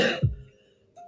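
A single cough from an adult woman still recovering from an illness that may have been COVID or a really bad flu: a sharp, explosive burst followed by a short, lower-pitched voiced tail lasting about half a second, then quiet. The setting is a small indoor room.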